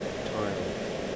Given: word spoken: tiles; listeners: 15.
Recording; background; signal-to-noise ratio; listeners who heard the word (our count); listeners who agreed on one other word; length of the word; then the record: one English word in noise, from a listening test; speech-shaped noise; -4.7 dB; 1 of 15; 7 of 15; 0.76 s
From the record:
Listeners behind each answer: 7, 3, 1, 1, 1, 1, 1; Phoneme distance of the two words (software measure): 17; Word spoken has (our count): 1 syllable, 4 phonemes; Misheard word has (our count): 1 syllable, 3 phonemes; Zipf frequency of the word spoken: 4.08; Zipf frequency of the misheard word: 6.35